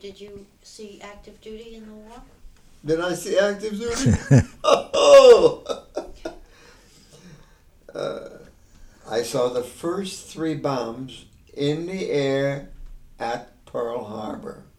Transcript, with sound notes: Did you see active duty in the war?
Did I see active duty? ( he laughs ) Ho, ho! I saw the first three bombs in the air at Pearl Harbor.